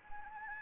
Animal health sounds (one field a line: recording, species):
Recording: mosquito wingbeat signal from an infrared sensor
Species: Anopheles arabiensis